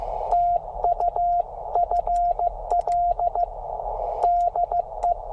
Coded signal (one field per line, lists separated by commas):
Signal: Morse code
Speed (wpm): 14 wpm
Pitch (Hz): 690 Hz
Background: radio noise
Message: TU FL DE